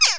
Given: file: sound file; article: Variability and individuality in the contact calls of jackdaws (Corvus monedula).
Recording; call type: jackdaw call; harmonic